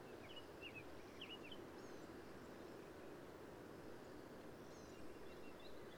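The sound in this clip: Black-capped vireo song: a quick run of twangy, slurred notes early on, then quieter faint phrases over a broad hiss and low rumble.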